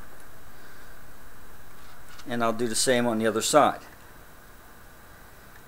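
A second plastic LC fiber optic connector is handled beside a duplex holding bracket, about to be slid in so its locking tab goes under the bracket's tab, while someone talks from about 2.3 to 3.8 s over a steady low background. Nothing has seated or clicked yet.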